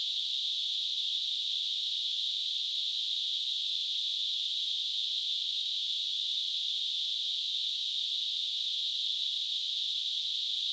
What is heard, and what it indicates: Tinnitus.